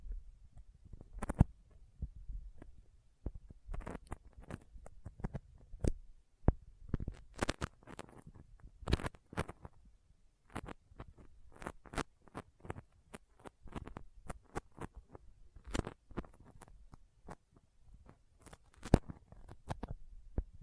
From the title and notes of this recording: ASMR Intense Sticky Finger Sounds (No Talking).